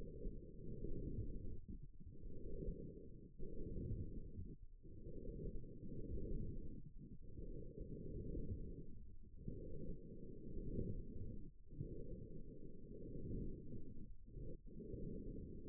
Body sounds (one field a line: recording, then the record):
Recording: forearm muscle sounds (acoustic myography)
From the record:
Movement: forearm pronation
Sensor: system 1, eight BSWA MPA416 microphones around the upper forearm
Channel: 7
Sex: female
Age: 21 years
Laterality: right